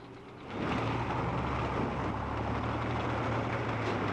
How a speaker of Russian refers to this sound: Машина профессора и мотоцикл Вовиной бабушки тормозят в поле.